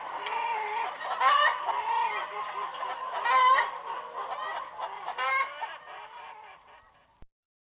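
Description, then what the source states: Chickens cluck and squawk in a noisy group, with a few loud squawks, then the sound fades before a sharp click ends it. Recorded in a chicken coop.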